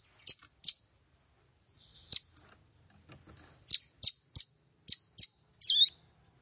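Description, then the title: Plain prinia song: scattered sharp, high chirps with pauses, ending in a short looping, twisting note. "Ciblek Sawah"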